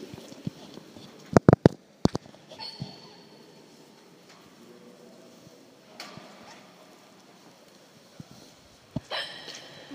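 Several abrupt, sharp gulping bursts over quiet room noise: hiccups in an adult girl in Germany, during a group tour.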